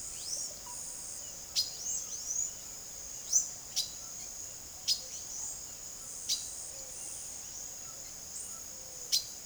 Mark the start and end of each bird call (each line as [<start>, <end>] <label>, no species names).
[0.00, 4.24] bird call
[4.83, 8.62] bird call
[9.06, 9.32] bird call